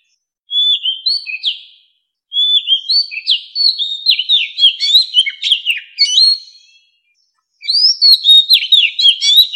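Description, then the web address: White-rumped shama song: three phrases of clear whistles and fast jumbled twitters, each lasting a few seconds, with quiet breaks between them. White-rumped shama song as a ringtone, used as a lure for bird trapping. "tieng chim Chich Choe. tieng chich choe lua hot keu bay moi"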